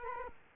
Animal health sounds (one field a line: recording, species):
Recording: mosquito wingbeat signal from an infrared sensor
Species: Culex quinquefasciatus